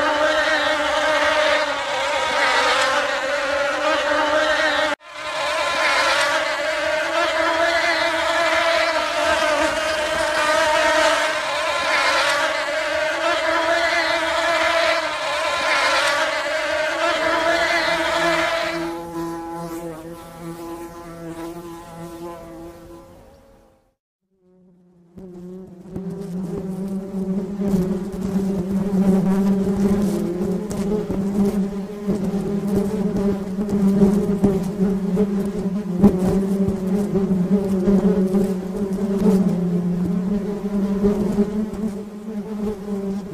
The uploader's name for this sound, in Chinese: 蜜蜂聲